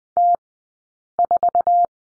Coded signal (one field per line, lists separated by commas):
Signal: Morse code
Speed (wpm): 20 wpm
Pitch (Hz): 700 Hz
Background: none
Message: T4